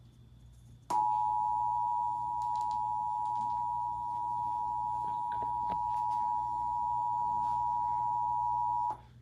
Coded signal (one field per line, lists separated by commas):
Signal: Emergency Alert System (SAME) tones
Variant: 853 and 960 Hz attention tone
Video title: CRAZY DAY! EAS Alert Compilation from 9/6/25